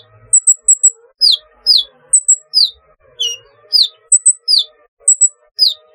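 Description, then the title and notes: Sunbird chirping: sharp, very high thin notes, some in quick doubled or tripled bursts, others slurred downward, repeated steadily throughout. "Kicau Burung Kolibri"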